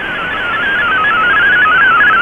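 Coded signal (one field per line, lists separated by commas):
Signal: multi-tone FSK (Olivia or MFSK type)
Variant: MFSK32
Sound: a fast warbling single tone hopping quickly between many close pitches, like bubbling chirps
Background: radio static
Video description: Here is my decode of the Shortwave Radiogram broadcast today on 11580Khz shortwave radio at 2300UTC in MFSK32 and with 5 SSTV images.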